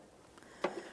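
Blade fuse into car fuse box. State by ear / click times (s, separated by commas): seated / 0.6 s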